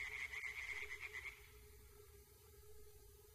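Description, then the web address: Tree frog chorus of rapid pulsed croaks that stops after about a second and a half, leaving a faint steady hum. Chorus of tree frogs in a primeval forest. "Tajemnice puszczy Koncert rzekotek"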